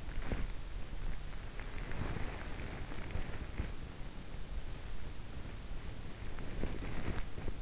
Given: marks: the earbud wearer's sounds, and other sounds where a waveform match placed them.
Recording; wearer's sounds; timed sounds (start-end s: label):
sounds in sleep by an in-ear microphone; body movement
1.63-4.31 s: body movement
6.62-7.62 s: body movement